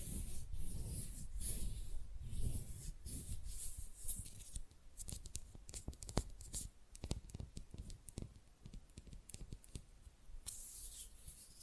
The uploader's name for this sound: Fast & Rough Nail Filing + Tapping